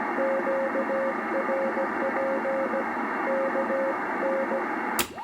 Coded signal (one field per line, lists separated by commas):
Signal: Morse code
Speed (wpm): 17 wpm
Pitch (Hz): 530 Hz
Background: radio noise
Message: QRP KN